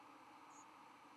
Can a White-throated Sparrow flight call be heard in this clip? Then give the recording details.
no. Another species' flight call is heard. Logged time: 04:24 on 11 November 2014